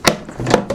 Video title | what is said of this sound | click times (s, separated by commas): BALAI ESSOREUR VENTEO , Simplifiez la corvée de nettoyage des sols | Voilà, donc là, c'est clipsé, ça tient, c'est bon. | 0.1 s